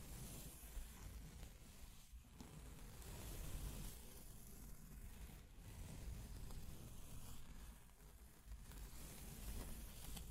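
Scratching and tracing sounds form a dense, continuous rustle with a deep rumble underneath. The texture stays fairly steady, with brief dips in loudness around two, five and a half, and eight seconds, and faint ticks scattered throughout.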